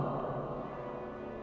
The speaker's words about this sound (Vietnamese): Vừa lúc đó, tiếng còi xe hơi từ phía chân dốc núi chạy lên.